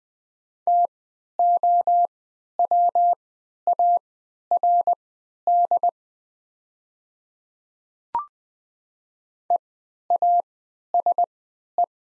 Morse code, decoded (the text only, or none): TOWARD EASE